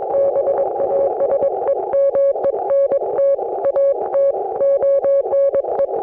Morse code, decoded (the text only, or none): BASEMENT AT ONE